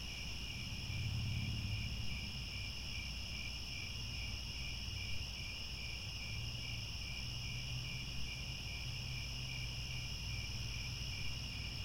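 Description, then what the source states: Cricket chorus, an unbroken high-pitched pulsing trill that holds steady throughout, over a soft low background rumble. Chorus of crickets chirping at twilight.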